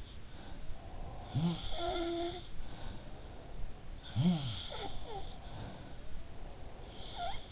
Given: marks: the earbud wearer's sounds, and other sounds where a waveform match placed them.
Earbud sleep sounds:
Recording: sounds in sleep by an in-ear microphone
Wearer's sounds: breath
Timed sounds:
0.00-0.81 s: sound from someone else or the room
0.61-3.73 s: breath
1.46-3.23 s: sound from someone else or the room
3.98-7.52 s: sound from someone else or the room
5.02-7.52 s: breath

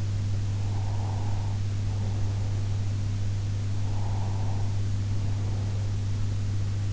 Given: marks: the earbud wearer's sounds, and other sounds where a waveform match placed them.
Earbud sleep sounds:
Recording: sounds in sleep by an in-ear microphone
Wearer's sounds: breath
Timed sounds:
0.65-3.25 s: breath
3.85-6.28 s: breath

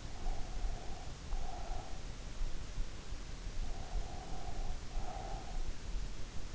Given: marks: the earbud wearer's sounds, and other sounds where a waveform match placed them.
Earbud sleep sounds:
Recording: sounds in sleep by an in-ear microphone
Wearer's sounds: breath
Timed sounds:
0.47-2.41 s: breath
3.45-6.55 s: breath

